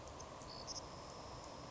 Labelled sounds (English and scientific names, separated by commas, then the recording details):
Savannah Sparrow (Passerculus sandwichensis)
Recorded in Sonoma County, California